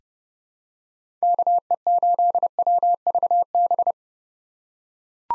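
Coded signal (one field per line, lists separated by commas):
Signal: Morse code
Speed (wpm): 30 wpm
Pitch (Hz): 700 Hz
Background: none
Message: KE8WVB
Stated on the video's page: Head-copy drill of common POTA activator call signs sent at 30 wpm, each sent in Morse, spoken, then sent again.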